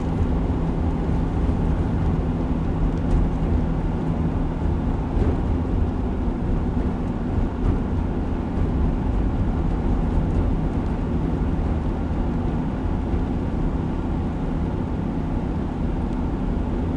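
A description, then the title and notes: A car drives through city streets with a steady, heavy low rumble of engine and road noise, a few faint clicks and thumps along the way. Driving to South Mountain in Phoenix, Arizona.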